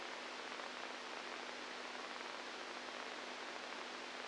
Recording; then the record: brain microelectrode recording played as sound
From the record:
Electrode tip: inside the subthalamic nucleus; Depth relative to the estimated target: 0 mm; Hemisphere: right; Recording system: NeuroSet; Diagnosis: Parkinson's disease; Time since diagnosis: 10 years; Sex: female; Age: 67 years